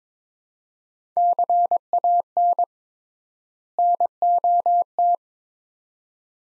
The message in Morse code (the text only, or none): CAN NOT